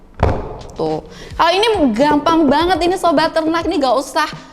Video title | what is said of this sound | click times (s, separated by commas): PERALATAN KANDANG BABY CHICK FEEDER - REVIEW PERALATAN #1 | aja sampai bunyi klek berarti dia udah nyatu tuh | 0.2 s